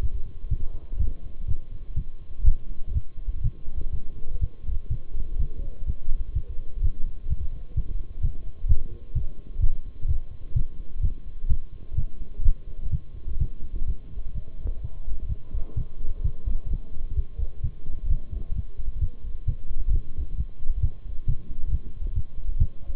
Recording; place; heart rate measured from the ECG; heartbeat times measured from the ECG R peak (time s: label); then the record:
heart sounds by stethoscope; between the tricuspid and mitral areas; 128 bpm
0.03 s: heartbeat
0.51 s: heartbeat
0.99 s: heartbeat
1.48 s: heartbeat
1.97 s: heartbeat
2.46 s: heartbeat
2.95 s: heartbeat
3.44 s: heartbeat
3.93 s: heartbeat
4.42 s: heartbeat
4.91 s: heartbeat
5.40 s: heartbeat
5.87 s: heartbeat
6.36 s: heartbeat
6.84 s: heartbeat
7.30 s: heartbeat
7.77 s: heartbeat
8.23 s: heartbeat
8.69 s: heartbeat
9.15 s: heartbeat
9.62 s: heartbeat
10.08 s: heartbeat
10.56 s: heartbeat
11.03 s: heartbeat
11.50 s: heartbeat
11.97 s: heartbeat
12.45 s: heartbeat
12.92 s: heartbeat
13.40 s: heartbeat
13.88 s: heartbeat
14.36 s: heartbeat
14.83 s: heartbeat
15.29 s: heartbeat
15.77 s: heartbeat
16.25 s: heartbeat
16.71 s: heartbeat
17.17 s: heartbeat
17.64 s: heartbeat
18.11 s: heartbeat
18.56 s: heartbeat
19.02 s: heartbeat
19.48 s: heartbeat
19.93 s: heartbeat
20.38 s: heartbeat
20.83 s: heartbeat
21.28 s: heartbeat
21.72 s: heartbeat
22.16 s: heartbeat
22.60 s: heartbeat
From the record:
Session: Bruce protocol treadmill stress test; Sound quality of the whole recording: partially saturated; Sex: male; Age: 23 years